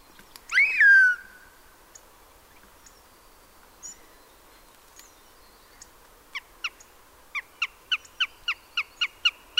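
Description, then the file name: Eurasian jay utters one slurred mew, later followed by a run of many short, sharp clicking notes. "Garrulus glandarius"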